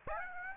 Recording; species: mosquito wingbeat signal from an infrared sensor; Aedes aegypti